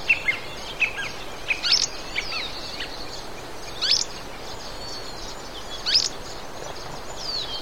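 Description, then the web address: Tufted tit-tyrant song: high, piercing notes and short twittering phrases over a steady background hiss. "cantos cachupiconegro"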